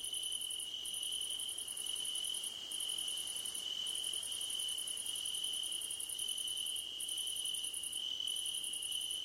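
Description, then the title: Crickets chirping: rhythmic bursts of rapid high pulses separated by brief pauses, above a steady high tone. Crickets calling at night under a starlit sky. "Nighttime Ambience with Crickets"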